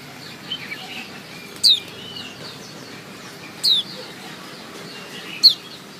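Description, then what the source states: White-eye giving three short, high, falling chirps about two seconds apart against quiet background noise. Female.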